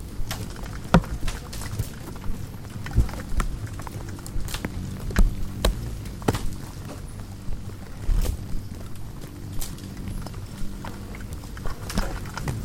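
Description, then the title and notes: Insects give sparse, sharp knocks and ticks at uneven intervals, separated by quieter patches over a low hum. Hundreds of bugs frantically congregating around the only light at night, a porch bulb on a savannah wildlife ranch at Mmabolela, South Africa, November 2016; mix of six mics including miniature omnis; Zoom F8. "One Lightbulb. Hundreds of bugs are frantically congregating around the sole light source present at night, a bulb hanging on the porch of a wildlife ranch in South Africa. Angélica Castelló"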